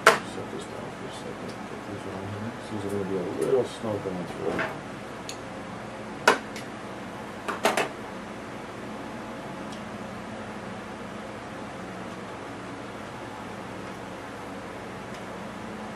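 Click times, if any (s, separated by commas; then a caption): none. A plastic part is being worked onto the tail case and boom assembly of an Align Trex 550E V2 RC helicopter while someone talks, with light handling noise and a few brief sharp knocks around 0.1, 6.3 and 7.8 seconds. Nothing has seated or clicked into place yet.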